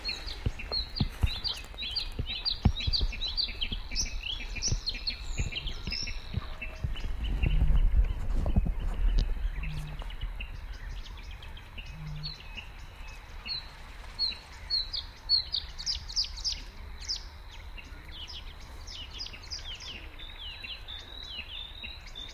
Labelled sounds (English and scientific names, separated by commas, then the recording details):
Bluethroat (Luscinia svecica) song
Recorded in the wild
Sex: male
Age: adult
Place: Kützerhof, Kummerower See, Mecklenburg-Vorpommern, DE
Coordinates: 53.8564, 12.8858
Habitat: wetland
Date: 2010-04-28 21:10
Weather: fair, 14°C, no wind
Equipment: Sound Devices 702, Sennheiser MKH 70, Rycote Windschutz
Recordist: Frommolt, Karl-Heinz